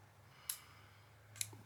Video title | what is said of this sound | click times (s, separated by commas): I BOUGHT A POCKET KNIFE MYSTERY BOX | pressure on it and even then it didn't didn't click all the way | 0.5 s, 1.4 s